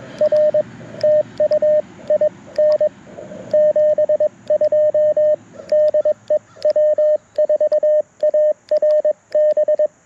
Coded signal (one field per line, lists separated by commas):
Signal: Morse code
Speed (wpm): 21 wpm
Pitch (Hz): 590 Hz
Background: radio noise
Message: R TU IN 72 DE W4ARB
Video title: QRP CW with the Mountain Topper MTR4B V2 - Morse Code Monday #5